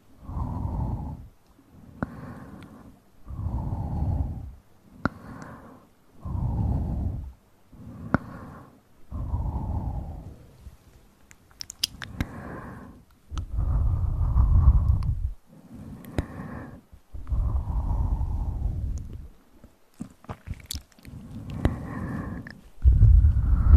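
Up-close mouth sounds and inaudible whispering: a steady run of soft, breathy bursts, each about a second long, separated by short pauses. Wet clicks and smacks pop up between phrases, and a louder, fuller stretch arrives near the end.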